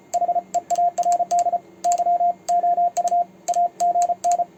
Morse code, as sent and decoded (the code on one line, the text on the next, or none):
.... . .- .-. -.. / -.-- --- ..- / .- --. -.
HEARD YOU AGN